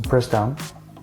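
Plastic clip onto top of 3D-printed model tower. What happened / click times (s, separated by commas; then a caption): The plastic clip is handled but has not yet seated / none. A 3D-printed plastic tower clip, flat side facing out, is placed on top of a 3D-printed bridge model tower and pressed down while someone talks over background music. Nothing has clicked into place or seated yet.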